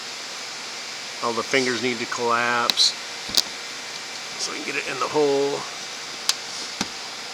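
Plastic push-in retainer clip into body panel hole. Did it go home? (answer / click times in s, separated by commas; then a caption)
yes / 6.3 s, 6.8 s. A plastic push-in retainer clip on a 2010 Honda Accord, removed during a headlight bulb replacement, has its fingers collapsed so it can be pushed into its mounting hole in the car body panel while someone talks. Two short, sharp clicks come at 6.3 s and 6.8 s as the clip snaps in and seats.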